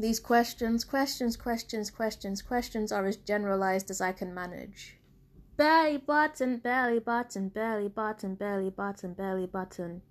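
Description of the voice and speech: Adult woman speaking with Tourette syndrome vocal tics. Her Tourette's has progressed to learned words. Her speech is interrupted by a word repeated rapidly several times. After a brief pause, she says the unrelated phrase "belly button" five times in quick succession. The tics are unintentional and unrelated to what she is saying.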